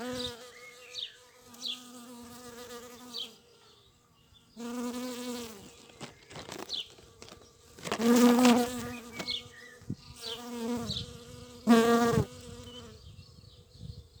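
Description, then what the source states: Bees droning in flight, several separate buzzing passes that swell and fade. Bees in flight, 7 May 2022.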